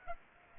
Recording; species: mosquito wingbeat signal from an infrared sensor; Aedes aegypti